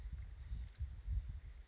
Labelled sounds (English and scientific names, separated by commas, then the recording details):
Western Flycatcher (Empidonax difficilis)
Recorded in Sonoma County, California